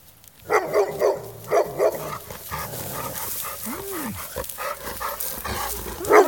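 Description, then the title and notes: Dog barking in short bursts of several barks, a pause, then one more bark near the end; a brief rising and falling tone sits in between. "Goats (and doggies)."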